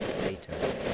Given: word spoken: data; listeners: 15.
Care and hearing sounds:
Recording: one English word in noise, from a listening test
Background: noise modulated by three-talker babble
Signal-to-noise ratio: -7.6 dB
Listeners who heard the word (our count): 0 of 15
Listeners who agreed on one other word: 9 of 15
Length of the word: 0.54 s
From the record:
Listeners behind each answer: 9, 4, 1, 1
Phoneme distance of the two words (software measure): 10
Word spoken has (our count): 2 syllables, 4 phonemes, stress on syllable 1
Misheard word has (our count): 2 syllables, 4 phonemes, stress on syllable 1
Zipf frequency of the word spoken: 4.41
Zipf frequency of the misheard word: 5.50

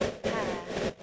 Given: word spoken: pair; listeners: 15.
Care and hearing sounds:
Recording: one English word in noise, from a listening test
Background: noise modulated by three-talker babble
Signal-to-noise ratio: -6.4 dB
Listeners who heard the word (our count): 6 of 15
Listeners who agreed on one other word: 9 of 15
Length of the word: 0.63 s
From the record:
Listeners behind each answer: 9, 6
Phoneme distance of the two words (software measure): 10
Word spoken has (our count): 1 syllable, 2 phonemes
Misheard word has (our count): 1 syllable, 2 phonemes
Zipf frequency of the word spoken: 4.91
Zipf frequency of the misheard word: 5.03

